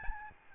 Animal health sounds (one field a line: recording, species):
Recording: mosquito wingbeat signal from an infrared sensor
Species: Aedes albopictus